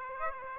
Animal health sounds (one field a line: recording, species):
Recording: mosquito wingbeat signal from an infrared sensor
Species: Aedes aegypti